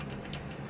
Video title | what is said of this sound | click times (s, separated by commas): Easy Fix! Bosch Nexxt 300/500 Dryer Won’t Start (No Error) — Timer Runs No Spin - Belt Safety Switch | And then to put it back on, you got to click this. | 0.3 s